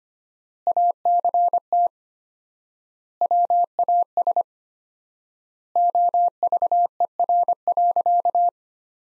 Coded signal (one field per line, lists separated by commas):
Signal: Morse code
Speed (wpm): 25 wpm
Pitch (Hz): 700 Hz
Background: none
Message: ACT WAS OVER.